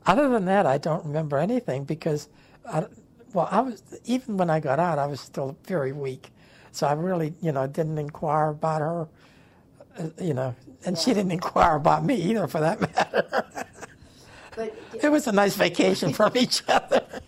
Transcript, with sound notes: Other than that, I don't remember anything because I - well, I - even when I got out I was still very weak, so I really, you know, didn't inquire about her, you know. And she didn't inquire about me, either, for that (laughs)
But—
It was a nice vacation from each other.